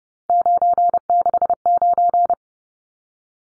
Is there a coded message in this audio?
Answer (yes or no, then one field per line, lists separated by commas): yes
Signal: Morse code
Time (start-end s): 0.3-2.3 s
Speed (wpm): 30 wpm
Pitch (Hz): 700 Hz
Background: none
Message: 969